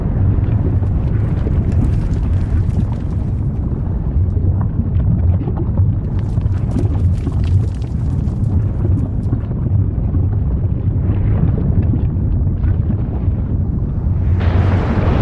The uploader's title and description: Volcanic Eruption Sounds. Rumbling explosions from an active volcano